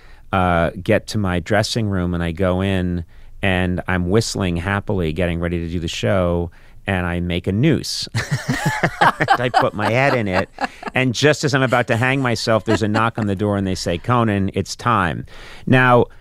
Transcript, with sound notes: get to my dressing room and I go in, and I'm whistling happily getting ready to do the show. And I make a noose.
(LAUGHTER)
I put my head in it, and just as I'm about to hang myself, there's a knock on the door, and they say, Conan, it's time.